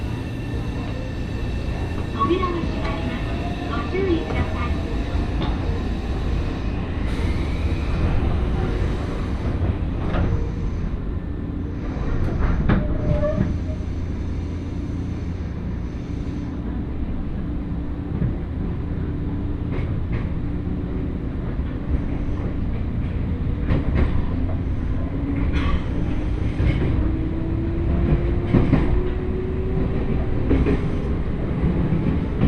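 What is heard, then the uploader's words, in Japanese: A train journey, heard as a steady low rumble and hum that runs through the whole recording without letting up. Brief clacks and knocks from the wheels break in now and then, with a faint rising whine near the end and scattered murmurs of voices. 鉄道旅 汐見橋→岸里玉出→なんば→大物。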